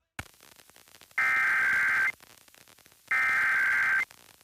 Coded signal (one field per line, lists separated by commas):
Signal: Emergency Alert System (SAME) tones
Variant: header bursts